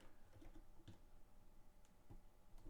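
A second plastic LEGO bar is handled against a clip brick on the other side of a LEGO Space Shuttle model, giving light scattered ticks and taps. Nothing has seated or clicked yet; the bar is not yet home.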